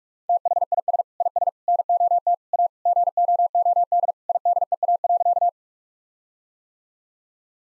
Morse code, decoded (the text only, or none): THIS IS NOT A GOOD IDEA.